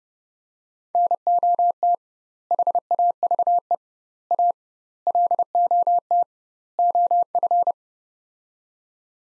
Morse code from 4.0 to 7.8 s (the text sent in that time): A LOT OF